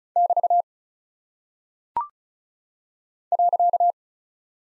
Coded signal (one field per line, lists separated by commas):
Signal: Morse code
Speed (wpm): 36 wpm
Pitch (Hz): 700 Hz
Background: none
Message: <BT> .